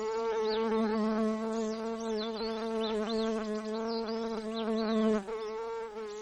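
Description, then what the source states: Insect wing buzz, a steady droning hum with rich harmonics that swells and wavers for about five seconds, then drops abruptly in loudness and goes on more softly. Recorded in Alaska on 5 July 2014 at 21:49.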